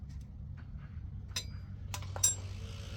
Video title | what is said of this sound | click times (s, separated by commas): 2006 Pontiac Grand Prix crank case position sensor replacement | good well I'm trying to be careful but I'm trying to get that wiring harness on there so it snaps into place and it's there now | 2.2 s